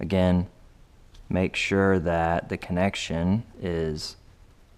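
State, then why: Not seated. Someone talks while handling the two plastic halves of the wiring connector for a Taco Moto LED map switch, for an SX1 GET ECU on an FE 501s motorcycle, to push them into the mating harness connector. Only the speaking voice is clearly heard. The clip ends before the connector goes home, so nothing has seated or clicked yet.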